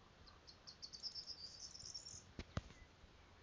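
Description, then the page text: Corn bunting song: a quickening run of high, thin ticking notes that merges into a jangling rattle, followed by a few sharp clicks against a faint background. One bird singing in habitat suitable for nesting, heard and seen, Jelgava, Latvia, 11 June 2024, 11:27. "Lielā stērste, Emberiza calandra Novērojuma laiks 11-Jun-2024 plkst. 11:27 Administratīvā teritorija Jelgava Skaits 1 Statuss Dzied ligzdošanai piemērotā biotopā (D) /dzirdēta un novērota vizuāli"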